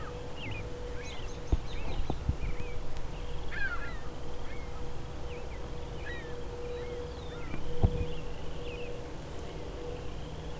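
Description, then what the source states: Ring-billed gulls calling back and forth in quick overlapping squeals and yelps over a constant low hum, with a few sharp knocks. Several ring-billed gulls calling out to each other; one circled back.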